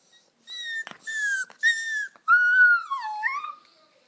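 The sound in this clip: Dog: puppy crying, a series of sustained high whines, some steady and some bending downward then rising again, with brief gaps between them.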